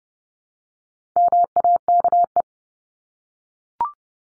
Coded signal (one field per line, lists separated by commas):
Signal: Morse code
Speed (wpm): 30 wpm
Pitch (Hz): 700 Hz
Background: none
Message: MAKE